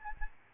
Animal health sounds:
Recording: mosquito wingbeat signal from an infrared sensor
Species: Aedes albopictus

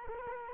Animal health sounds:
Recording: mosquito wingbeat signal from an infrared sensor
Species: Culex quinquefasciatus

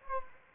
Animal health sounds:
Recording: mosquito wingbeat signal from an infrared sensor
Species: Anopheles arabiensis

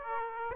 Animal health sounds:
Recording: mosquito wingbeat signal from an infrared sensor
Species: Aedes aegypti

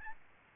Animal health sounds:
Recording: mosquito wingbeat signal from an infrared sensor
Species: Aedes albopictus

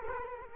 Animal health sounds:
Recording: mosquito wingbeat signal from an infrared sensor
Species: Culex quinquefasciatus

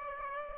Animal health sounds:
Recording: mosquito wingbeat signal from an infrared sensor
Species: Aedes aegypti

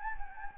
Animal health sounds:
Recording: mosquito wingbeat signal from an infrared sensor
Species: Anopheles gambiae

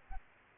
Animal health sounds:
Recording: mosquito wingbeat signal from an infrared sensor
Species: Aedes aegypti

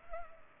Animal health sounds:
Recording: mosquito wingbeat signal from an infrared sensor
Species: Culex pipiens

